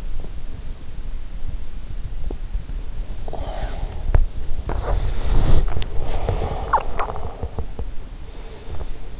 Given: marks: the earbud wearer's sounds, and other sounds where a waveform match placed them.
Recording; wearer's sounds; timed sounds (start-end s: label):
sounds in sleep by an in-ear microphone; body movement, swallowing
3.32-9.20 s: body movement
6.55-8.05 s: swallowing